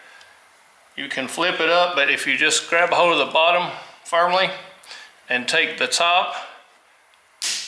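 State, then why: Released. On a 2009 BMW 335i xDrive, during a $15 eBay turn signal upgrade, the bulb socket in the plastic side marker/turn signal housing is removed by firmly gripping the bottom of the housing and twisting the socket counterclockwise while someone talks. At 7.4 s the socket's locking tab releases with a sharp snap and the socket comes free of the housing; it sounds like breakage but is normal and nothing is broken.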